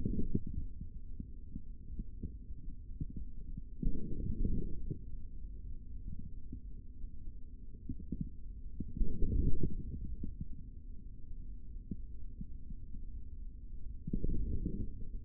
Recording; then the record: forearm muscle sounds (acoustic myography)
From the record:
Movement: forearm pronation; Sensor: system 3, bracelet of six PUI Audio POM-2738L microphones around the upper forearm, with dedicated amplification and filtering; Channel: 6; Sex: male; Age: 25 years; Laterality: right